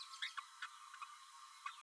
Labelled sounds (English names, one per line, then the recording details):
Green-rumped Parrotlet babbling
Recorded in a nest box in Venezuela
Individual 18B12A3